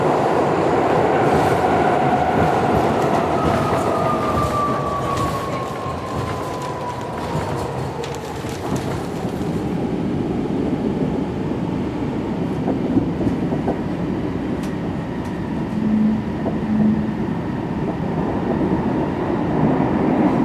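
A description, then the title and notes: A subway ride with a steady low rumble, a whining tone sliding downward in the first eight seconds, and faint clicks and rattles throughout. Sounds of a subway ride. The gentle vibrations of the tracks beneath you.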